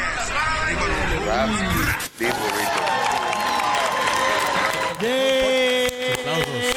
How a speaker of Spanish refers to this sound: ¡Aplausos! ¡Aplausos! Sí, high five.